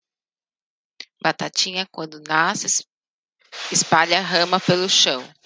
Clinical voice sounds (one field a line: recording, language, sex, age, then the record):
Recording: short text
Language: Brazilian Portuguese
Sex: female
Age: 30 to 39 years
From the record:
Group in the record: control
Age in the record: 37 years